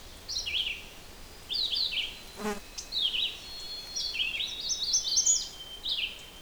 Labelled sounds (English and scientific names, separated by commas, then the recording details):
Red-eyed Vireo (Vireo olivaceus) song
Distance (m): 10 m
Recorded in boreal forest in Alberta, Canada, on 6 June 2016 at 06:55
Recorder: SongMeter 3, array SBT-3-51
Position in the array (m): 17 m, 90 m